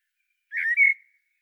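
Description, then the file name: Common blackbird giving a short two-part whistled call, a slightly rough note followed by a brighter, sustained clear whistle, in silence. "Turdus merula"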